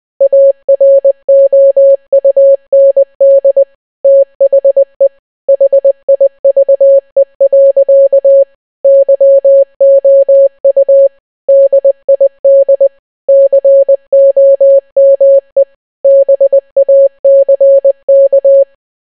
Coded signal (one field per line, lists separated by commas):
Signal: Morse code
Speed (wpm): 20 wpm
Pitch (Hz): 550 Hz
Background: none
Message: AROUND THE HIVE. YOU DID COME BACK